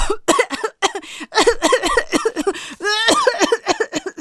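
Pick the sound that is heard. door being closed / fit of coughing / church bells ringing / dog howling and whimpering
fit of coughing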